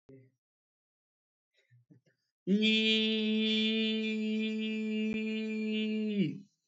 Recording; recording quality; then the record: sustained vowel as in beet; moderate, slight background noise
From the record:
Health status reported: respiratory illness, not identified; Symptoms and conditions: chronic lung disease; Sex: male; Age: 26 years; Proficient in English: yes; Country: India